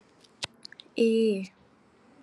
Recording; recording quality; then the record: sustained vowel as in made; excellent, no background noise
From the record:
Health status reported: COVID-19 positive, no symptoms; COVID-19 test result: positive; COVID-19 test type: RT-PCR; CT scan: not taken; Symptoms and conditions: none ticked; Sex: female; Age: 25 years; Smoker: no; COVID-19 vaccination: both doses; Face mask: not worn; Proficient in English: yes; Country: India